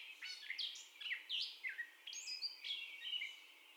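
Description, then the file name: Catbird giving a few quick squeaky and scratchy phrases, some slurring down, spaced by short pauses. First song, recorded 30 May 2021. "2021-05-30 Catbird First Song"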